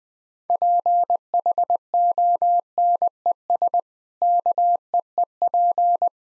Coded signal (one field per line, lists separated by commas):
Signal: Morse code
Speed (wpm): 20 wpm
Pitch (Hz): 700 Hz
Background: none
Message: PHONES KEEP